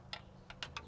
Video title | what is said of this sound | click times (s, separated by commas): 2018-2020 GMC Yukon Transmission Fluid and Filter Change How To DIY | It should snap right into place, but if you need, you can use a screwdriver. There we go. | 0.1 s, 0.6 s